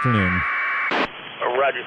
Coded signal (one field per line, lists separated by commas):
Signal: packet radio (AX.25, as in APRS)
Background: speech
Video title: 20 Meter Operations Sat May 9,2020 15:30Z